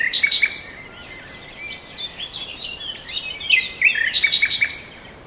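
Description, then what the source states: Birds trilling in short rapid bursts at the start and again near the end, with softer scattered chirps between. Forest birds.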